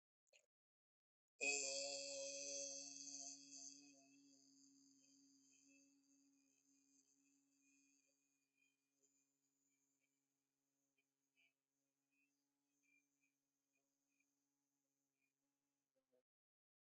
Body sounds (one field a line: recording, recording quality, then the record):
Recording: sustained vowel as in beet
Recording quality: excellent, no background noise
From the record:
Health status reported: healthy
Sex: male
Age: 29 years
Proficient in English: yes